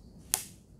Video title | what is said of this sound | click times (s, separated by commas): Harvesting the pig Ep#1 Bowhunting Ireland | that's the piece that actually clicks in and i'll move over to the mic here you'll probably hear it there's a there's a clicking sound it makes as | 0.3 s